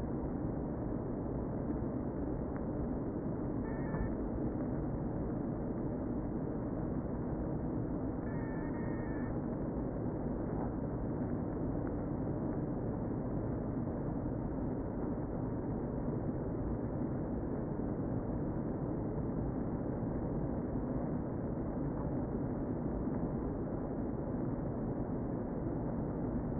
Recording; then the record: honeybee colony, microphone inside the hive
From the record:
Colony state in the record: queen present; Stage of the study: before two queens were removed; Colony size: about 60,000 bees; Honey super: yes